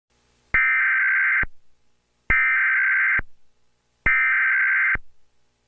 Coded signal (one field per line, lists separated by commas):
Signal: Emergency Alert System (SAME) tones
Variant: header bursts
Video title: EAS SCENARIO #11 - A Terrible Tornado Outbreak